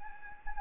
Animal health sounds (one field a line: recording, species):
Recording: mosquito wingbeat signal from an infrared sensor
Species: Anopheles gambiae